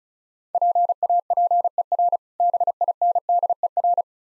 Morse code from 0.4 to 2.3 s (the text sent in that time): PAPER